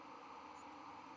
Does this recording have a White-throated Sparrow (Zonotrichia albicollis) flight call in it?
no